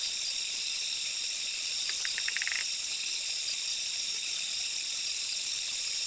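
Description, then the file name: Zoque treefrog call: a quick series of about eight short clicking pulses over under a second, set against a constant high insect chorus. "Quilticohyla zoque"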